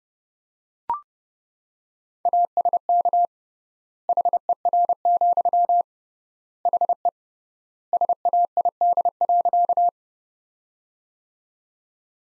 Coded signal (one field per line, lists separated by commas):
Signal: Morse code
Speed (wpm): 30 wpm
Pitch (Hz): 700 Hz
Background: none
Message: ASK HER, HE SAID.